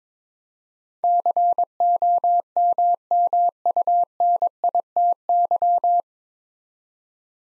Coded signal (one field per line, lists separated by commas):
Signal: Morse code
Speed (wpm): 22 wpm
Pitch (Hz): 700 Hz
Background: none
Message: COMMUNITY